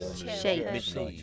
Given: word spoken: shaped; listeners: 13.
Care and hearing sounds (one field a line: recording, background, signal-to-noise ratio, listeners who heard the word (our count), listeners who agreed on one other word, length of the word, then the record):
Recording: one English word in noise, from a listening test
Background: four-talker babble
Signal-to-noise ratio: -0.2 dB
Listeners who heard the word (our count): 0 of 13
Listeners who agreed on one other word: 11 of 13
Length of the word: 0.83 s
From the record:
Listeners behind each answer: 11, 2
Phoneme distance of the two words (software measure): 7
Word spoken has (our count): 1 syllable, 4 phonemes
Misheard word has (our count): 1 syllable, 3 phonemes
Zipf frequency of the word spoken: 4.30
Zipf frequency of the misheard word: 4.90